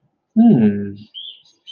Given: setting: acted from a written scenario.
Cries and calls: vocal sound without words; interest

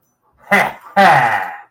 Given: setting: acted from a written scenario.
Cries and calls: vocal sound without words; realization

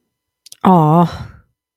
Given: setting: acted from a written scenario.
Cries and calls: vocal sound without words; disappointment

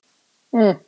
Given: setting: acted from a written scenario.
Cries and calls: vocal sound without words; sympathy

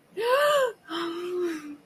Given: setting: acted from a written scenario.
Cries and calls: vocal sound without words; distress

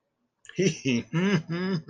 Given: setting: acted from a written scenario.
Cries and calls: vocal sound without words; pride

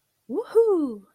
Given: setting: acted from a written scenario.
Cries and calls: vocal sound without words; triumph

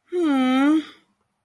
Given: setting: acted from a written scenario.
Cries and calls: vocal sound without words; sympathy

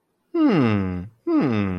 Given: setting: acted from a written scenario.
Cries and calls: vocal sound without words; interest

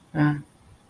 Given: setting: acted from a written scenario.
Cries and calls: vocal sound without words; neutral

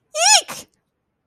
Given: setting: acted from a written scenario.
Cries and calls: vocal sound without words; fear

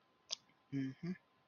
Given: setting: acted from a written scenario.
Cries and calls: vocal sound without words; neutral

